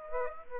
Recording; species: mosquito wingbeat signal from an infrared sensor; Aedes aegypti